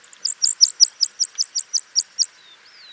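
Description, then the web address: Bird gives a quick series of about eleven high, sharp chirps, evenly spaced, followed by a thin, falling whistle. "BIRD 2015 SABIOD"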